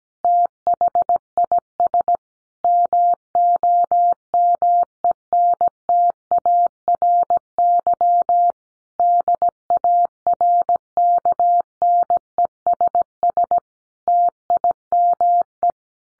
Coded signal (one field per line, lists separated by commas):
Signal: Morse code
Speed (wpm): 17 wpm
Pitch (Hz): 700 Hz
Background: none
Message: THIS MOMENTARY DARKNESS TIME